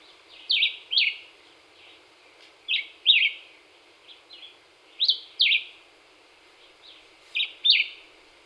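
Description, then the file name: Black-whiskered vireo singing brief two-note slurred phrases at roughly two-second intervals, with a few softer notes between the louder phrases. Recorded 26 April 2019. "2019-04-26 Black-whiskered Vireo"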